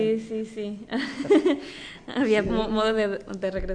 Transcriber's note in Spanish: risas